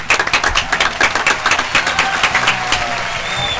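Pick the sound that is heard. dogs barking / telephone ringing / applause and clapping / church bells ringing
applause and clapping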